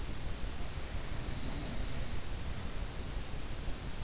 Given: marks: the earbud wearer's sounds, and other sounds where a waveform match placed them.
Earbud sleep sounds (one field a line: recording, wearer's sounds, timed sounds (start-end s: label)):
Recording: sounds in sleep by an in-ear microphone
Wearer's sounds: snoring breath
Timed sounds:
0.42-3.03 s: snoring breath